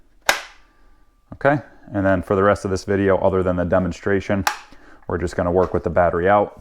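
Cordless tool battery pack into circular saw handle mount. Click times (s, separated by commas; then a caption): 0.3 s. A lithium battery pack is slid along its grooves into the plastic battery mount on the handle of a Ryobi P501G cordless circular saw and pushed until it latches, giving a sharp, loud click at 0.3 s. The battery is seated, and someone then talks.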